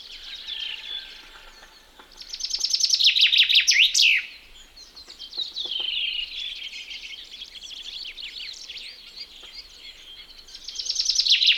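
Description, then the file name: Common chaffinch singing a two-second rattling trill that ends in a quick flourish, followed by a softer song phrase and the start of another loud phrase, over fainter background birdsong. "metsvint"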